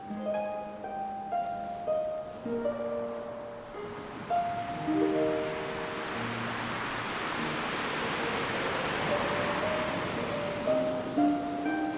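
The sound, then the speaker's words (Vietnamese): A steady, roaring wash of ocean waves crashing on the shore, swelling louder after the first few seconds, with soft sustained music notes playing underneath. “Anh chậm chậm cúi xuống, hôn lên môi cô một nụ hôn ngọt ngào, mặc cho tiếng sóng vẫn vỗ ầm ầm ngoài kia.”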